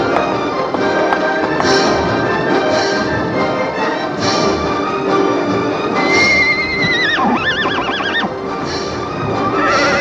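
A foal on a riverbank whinnies plaintively, calling its mother, a high, quavering neigh that wobbles up and down in pitch, rising over a constant, dense wash of background sound.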